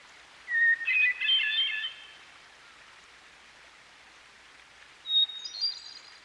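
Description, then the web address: Hermit thrush sings a long whistle leading into a cascading flutey trill, then after a pause a higher phrase, over a noticeable steady rushing hiss. By a stream. "Dan Gibson Songbirds By The Stream. Hermit Thrush"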